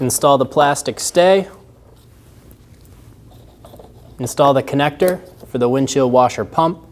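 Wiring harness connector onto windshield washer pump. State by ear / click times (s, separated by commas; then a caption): not seated / none. On a 2012-2022 Volkswagen Passat, a wiring harness connector is being handled toward the plastic terminal of the windshield washer pump. Someone talks at the start and again near the end, with only faint, quiet handling sounds in the pause between. The clip ends before the connector goes home, so nothing has seated or clicked yet.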